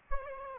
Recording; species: mosquito wingbeat signal from an infrared sensor; Aedes aegypti